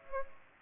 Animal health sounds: mosquito wingbeat signal from an infrared sensor; Aedes aegypti

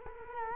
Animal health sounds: mosquito wingbeat signal from an infrared sensor; Culex quinquefasciatus

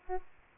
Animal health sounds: mosquito wingbeat signal from an infrared sensor; Aedes aegypti

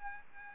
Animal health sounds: mosquito wingbeat signal from an infrared sensor; Aedes albopictus

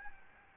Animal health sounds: mosquito wingbeat signal from an infrared sensor; Aedes albopictus

